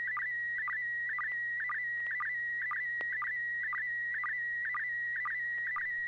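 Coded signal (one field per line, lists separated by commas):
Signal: SSTV (slow-scan television)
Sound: steady high whine with regular chirping dips about twice a second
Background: low hum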